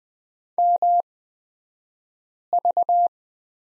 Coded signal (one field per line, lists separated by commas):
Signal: Morse code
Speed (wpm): 20 wpm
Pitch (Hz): 700 Hz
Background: none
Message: MV